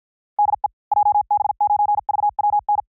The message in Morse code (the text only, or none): DE JB9VWN